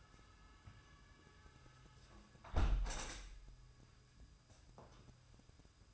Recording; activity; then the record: daily activity, microphone in the room; close window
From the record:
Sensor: 2